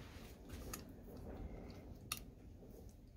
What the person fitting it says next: and you hear that click that means it's in place